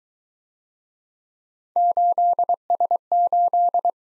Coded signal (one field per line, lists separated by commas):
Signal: Morse code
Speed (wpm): 23 wpm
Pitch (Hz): 700 Hz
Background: none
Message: 8S8